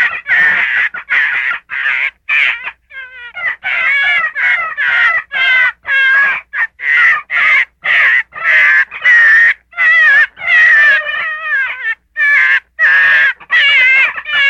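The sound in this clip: Gray fox calling steadily with raspy, quavering yelps in a rapid series with short pauses.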